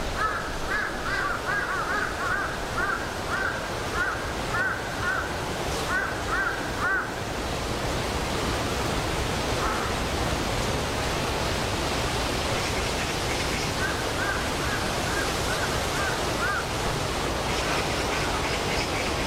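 Steady wind rushes through the forest, dense and unchanging, while a bird calls repeatedly in the first seven seconds, then faintly again later.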